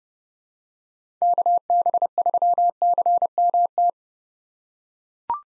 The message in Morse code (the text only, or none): KB3CMT